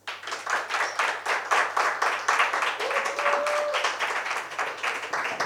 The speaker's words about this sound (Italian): Un applauso allora a chi vuole sapere tutto sugli restanti Navigli. Si rifà. Mi piace quando c'è violenza, quando c'è battaglia. Va bene, si rifà, non c'è problema. Un applauso allora a Succede un 48.